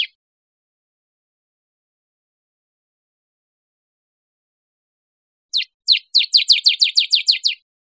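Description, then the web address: Bird calls: one brief high note at the very start, a long silence, then a rapid run of about twelve high, down-slurred chirps. Recorded 1 December 2008. "birdvocals CR CANT 2 081201"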